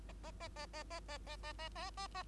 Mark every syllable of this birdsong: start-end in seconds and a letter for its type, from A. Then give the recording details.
0.09-0.12 A, 0.23-0.31 A, 0.40-0.48 A, 0.56-0.66 A, 0.73-0.83 A, 0.90-1.00 A, 1.08-1.18 A, 1.27-1.37 A, 1.43-1.53 A, 1.59-1.69 A, 1.75-1.90 A, 1.97-2.07 A, 2.14-2.23 A. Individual Bird2